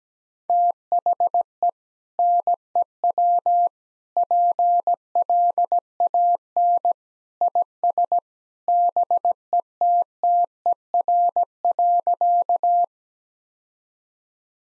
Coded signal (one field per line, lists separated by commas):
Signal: Morse code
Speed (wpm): 17 wpm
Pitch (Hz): 700 Hz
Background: none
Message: THE NEW PLAN IS BETTER.